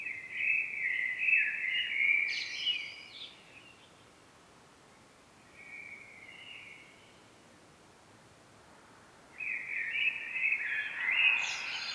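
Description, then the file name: Common blackbird singing two loud warbling phrases with high squeaky endings, separated by a long pause holding one soft fluted snippet. "Turdus merula"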